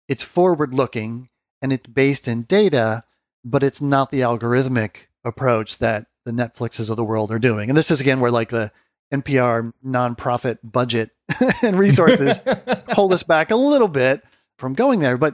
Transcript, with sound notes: it’s forward-looking and it’s based in data, but it’s not the algorithmic approach that the Netflixes of the world are doing. And this is again, where the NPR, nonprofit budget, [laugh] and resources hold us back a little bit from going there.